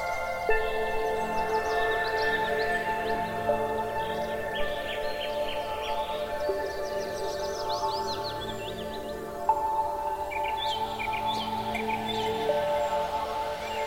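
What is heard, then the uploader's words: Soft, sustained music with long held tones and gentle chords plays throughout, shifting notes around the middle. Birds sing and chirp over it steadily, with busy trilling bursts near the start, around six to eight seconds, and again toward the end. Relaxing music and the ethereal harmonies of singing birds unite in a magnificent meadow. Deeply Relaxing Music & Singing Birds Reverie In A Magnificent Meadow.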